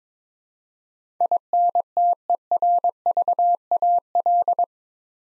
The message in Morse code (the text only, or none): INTERVAL